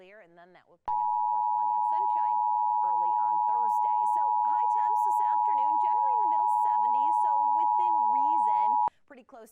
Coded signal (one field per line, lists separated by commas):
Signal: Emergency Alert System (SAME) tones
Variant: 853 and 960 Hz attention tone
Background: speech